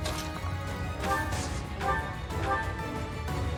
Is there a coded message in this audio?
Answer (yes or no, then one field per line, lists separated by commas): no